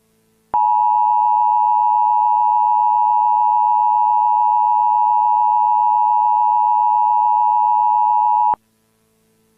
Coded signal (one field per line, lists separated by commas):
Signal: Emergency Alert System (SAME) tones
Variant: 853 and 960 Hz attention tone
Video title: EAS Recreation (4/27/25): South Salt Lake Evacuation